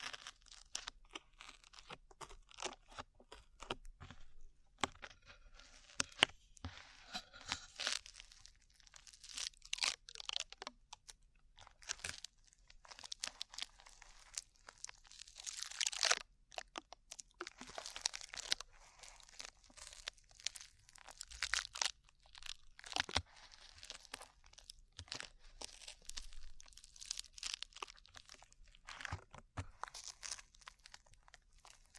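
Sticky slime being squeezed and pulled, making a dense run of wet crackles, pops and crunchy snaps with no pauses over the whole stretch. The sounds are bright and hissy, come in irregular quick bursts, and briefly swell around the middle and again near the end.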